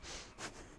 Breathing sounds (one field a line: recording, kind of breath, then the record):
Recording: one breath in and out by a microphone near the nose and mouth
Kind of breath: strong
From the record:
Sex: female